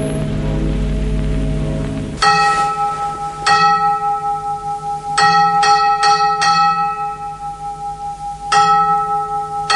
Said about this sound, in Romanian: Da, Mr. Clenham, așa sună clopotul închisorii.